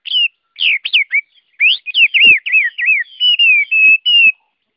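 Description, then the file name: Chinese hwamei song: loud, rich whistles that swoop up and down in quick succession, ending in a few steady, slightly falling whistled notes. Song in the 'forest voice' (giọng rừng) style. "Tieng hoa mi hot giong rung"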